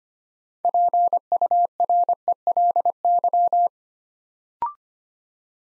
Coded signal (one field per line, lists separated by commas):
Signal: Morse code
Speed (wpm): 25 wpm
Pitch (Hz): 700 Hz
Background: none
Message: PURELY